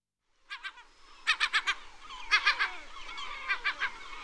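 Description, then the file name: Herring gull giving harsh, laughing calls in bursts of two to four notes, repeated about once a second, with fainter gull cries in the background. "Digiffects Sound Effects Library - Herring Gull Bird"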